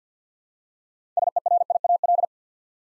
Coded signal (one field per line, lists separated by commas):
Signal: Morse code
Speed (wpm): 49 wpm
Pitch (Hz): 700 Hz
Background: none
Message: SERIAL